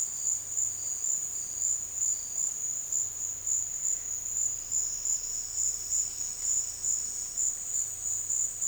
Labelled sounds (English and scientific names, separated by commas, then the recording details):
none
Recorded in dense forest near Puerto Asís, Putumayo, Colombia, on 13 March 2025 at 13:30
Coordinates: 0.481, -76.323
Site G088